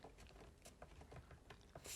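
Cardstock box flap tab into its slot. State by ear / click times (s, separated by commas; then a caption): not seated / none. A cardstock box flap is pushed over by hand as its closure tab is guided toward its slot, with soft papery rustling and a few faint taps near 0.3, 1.5 and 1.8 seconds. The clip ends before the tab goes home, so nothing has seated or clicked yet.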